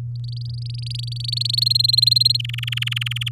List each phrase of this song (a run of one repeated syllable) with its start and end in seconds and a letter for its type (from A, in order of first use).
0.15-1.60 A, 1.61-2.37 B, 2.39-3.29 C